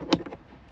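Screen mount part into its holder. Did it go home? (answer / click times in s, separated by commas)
yes / 0.1 s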